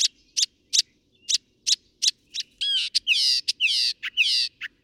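Northern mockingbird song: a run of short sharp notes, then rich harsh phrases with sweeping whistles, each phrase type shifting quickly with no other sounds.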